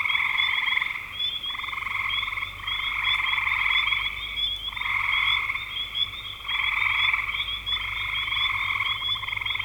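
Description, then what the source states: Frogs calling in chorus, long pulsed trills overlapping in bursts of one to two seconds, with a higher ticking band above and a faint low hum. Frogs recorded in spring 2025.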